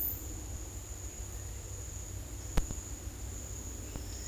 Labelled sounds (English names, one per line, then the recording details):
none
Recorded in dense forest near Puerto Asís, Putumayo, Colombia, on 19 February 2024 at 10:30
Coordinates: 0.485, -76.322
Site G6406